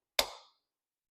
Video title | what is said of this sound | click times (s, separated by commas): Installation of Pearce Grip 1045+ for 2 round expansion | and I'm just going to use downward pressure and we're going to hear it pop loose | 0.2 s